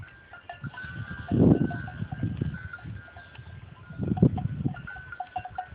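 Goat giving two harsh, low bleats a few seconds apart, with faint ringing bell-like tones behind.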